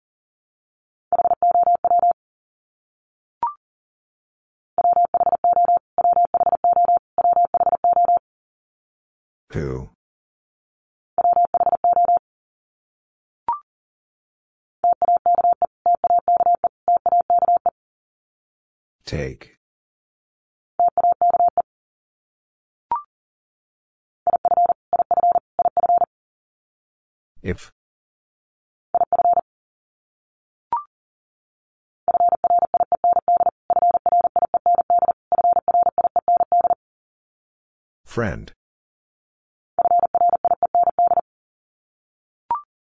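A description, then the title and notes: Morse code tapped out as a steady mid-pitched tone, switching on and off in rapid dots and dashes grouped into bursts with short silences between. Brief clicks and sharp swishes break in now and then, around every ten seconds. Top 300 Words Repeated 40wpm. First, the word is sent three times in Morse code. Then it is spoken. Finally, it is sent again in Morse code.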